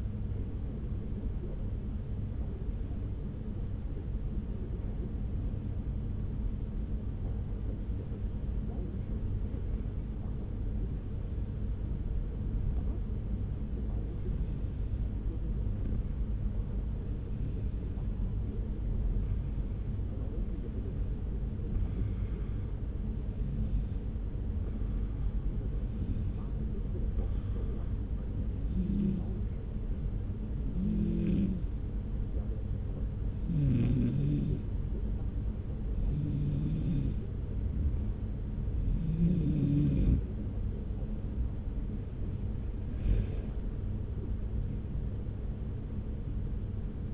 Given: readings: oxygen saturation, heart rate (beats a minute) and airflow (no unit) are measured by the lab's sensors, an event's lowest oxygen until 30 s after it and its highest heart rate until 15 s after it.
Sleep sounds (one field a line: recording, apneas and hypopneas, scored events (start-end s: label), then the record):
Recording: breathing in sleep by a smartphone at the bedside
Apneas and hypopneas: 1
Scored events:
3.00-35.20 s: hypopnea (N1, oxygen 95% highest, then 90% lowest)
4.00-47.14 s: new sleep stage, N2 (light sleep)
From the record:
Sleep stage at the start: N1 (lightest sleep)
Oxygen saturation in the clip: 91 to 95%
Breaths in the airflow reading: 16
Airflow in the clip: -1.8 to 3.4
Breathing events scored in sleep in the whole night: 335 in 6.7 hours asleep